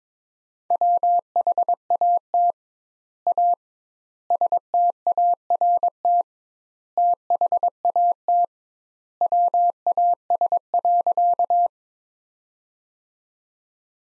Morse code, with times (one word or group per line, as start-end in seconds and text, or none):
0.7-2.5 WHAT
3.3-3.5 A
4.3-6.2 START
7.0-8.4 THAT
9.2-11.7 WAS.